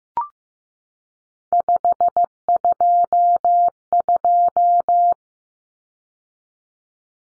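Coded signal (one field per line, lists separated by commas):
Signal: Morse code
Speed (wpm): 15 wpm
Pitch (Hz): 700 Hz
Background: none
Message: 522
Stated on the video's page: Morse practice of three-digit cut numbers at 15 wpm, each sent twice.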